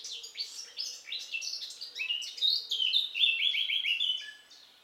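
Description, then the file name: Eurasian blackcap song: a rapid scratchy warble building into louder, clear fluting whistles over about four seconds, then fading. "Sylvia atricapilla"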